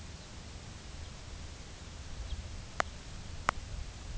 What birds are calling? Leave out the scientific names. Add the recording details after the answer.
Lapland Longspur. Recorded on Arctic tundra, site UTQI-2, on 15 June 2019. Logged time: 22:00